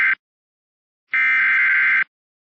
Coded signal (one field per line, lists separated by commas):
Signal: Emergency Alert System (SAME) tones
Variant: header bursts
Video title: Special Marine Warning: Gulf Of Mexico EAS #1 RARE